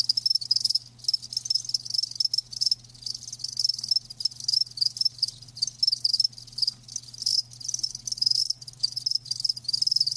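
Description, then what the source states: Cricket chirping, high and shrill in quick pulsed bursts, near-continuous, over a faint low drone. Live crickets chirping; a lulling song.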